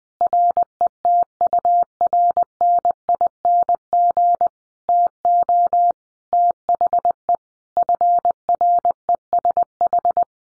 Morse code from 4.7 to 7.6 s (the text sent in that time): TO THE